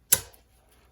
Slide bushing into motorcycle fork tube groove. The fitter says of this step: and just put that right in and you'll feel it click in